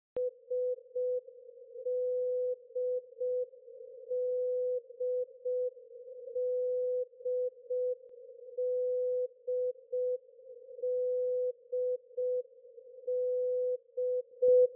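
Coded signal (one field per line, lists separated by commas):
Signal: channel marker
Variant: D marker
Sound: clean high-pitched Morse tone repeating dash-dot-dot over and over, no voice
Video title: Russian "D Marker" at 13527 kHz in CWN mode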